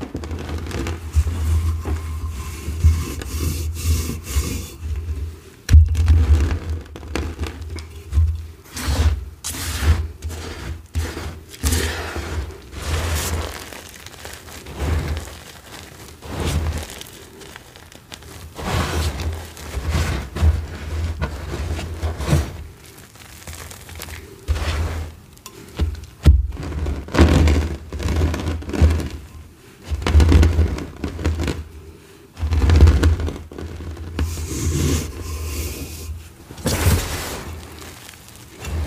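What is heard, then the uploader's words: Dense scraping and rubbing as dyed gym chalk is shaved, with frequent crisp rasping strokes over a low, steady rumble. Satisfying dyed gym chalk shaving.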